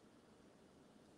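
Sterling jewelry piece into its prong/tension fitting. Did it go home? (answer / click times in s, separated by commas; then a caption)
no / none. A sterling jewelry piece is pressed to snap into its prong/tension fitting after the prong is lifted. Only steady, broadband hiss is heard for the full 1.2 seconds, with no sharp transient. Nothing has seated or clicked yet.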